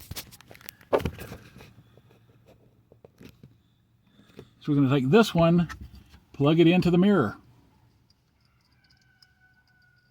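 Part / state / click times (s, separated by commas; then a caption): wiring harness plug into auto-dimming rear-view mirror / seated / 9.2 s. A wiring harness plug is pushed into the plastic connector of an auto-dimming rear-view mirror on a Ford Maverick, with handling taps and rustling early on while someone talks. The plug clicks in at 9.2 s, and the connector is seated and the mirror connected.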